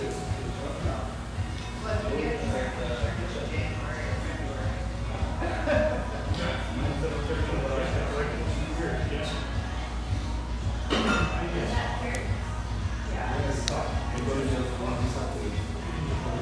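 Many voices talk at once in a lively tea room, a dense, steady murmur of overlapping conversation with no single speaker standing out for long. A low hum runs underneath throughout, and a brief clatter sounds around eleven seconds.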